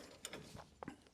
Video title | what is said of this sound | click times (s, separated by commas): Front and Rear Brake Replacement on a Vintage Cadillac | that's just spinning. Yeah, that's stripped out. | 0.2 s, 0.8 s